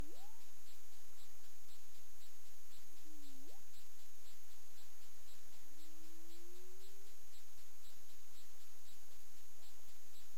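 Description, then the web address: Humpback whale song units: a quick upsweep, then a low dipping moan that swoops sharply upward, followed by a long, slowly rising tonal note, over steady underwater hiss with regular ticking. Recorded in the Caribbean on 20 February 2022 at 20:15 UTC. "CARIMAM. humpback whale 20220220 201543 UTC"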